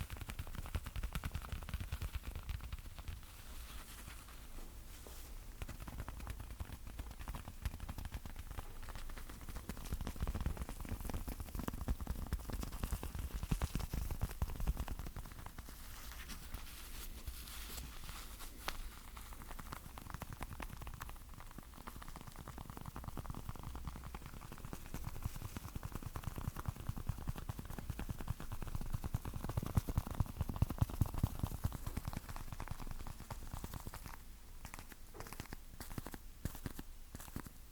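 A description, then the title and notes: Sticky tapping goes on throughout: dense, rapid, irregular ticks and small crackles like fingers pulling off a tacky surface, with a low rumble underneath. The texture stays fairly steady, growing busier and a little louder around thirty seconds, with sharper clicks near the end. ASMR Sticky Tapping.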